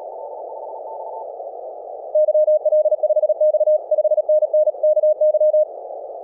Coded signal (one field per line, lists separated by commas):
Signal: Morse code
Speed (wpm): 37 wpm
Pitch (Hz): 620 Hz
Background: none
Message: YL5X 5NN KY